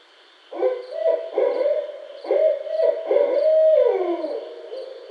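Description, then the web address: Barred owl calling in a rapid run of loud, throaty hoots and caterwauling notes, ending in a sliding downward wail, with a constant thin high drone in the background. Recorded 9 May 2012. "Barred Owl 2012 05 09"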